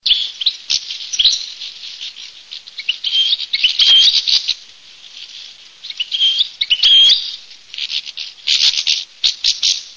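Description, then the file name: European goldfinch song: rapid, high, tinkling twitters and chirps in broken bursts with short pauses, some notes sliding, with no other clear sounds. "CARDFABBRI"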